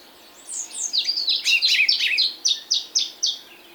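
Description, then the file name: African blue tit song: a quick run of high, thin downslurred notes blurring into a busy jumble, then four clear descending notes spaced about a quarter second apart. Subspecies teneriffae. "Fernand DEROUSSEN - Afrikanskaya lazorevka Cyanistes caeruleus teneriffae"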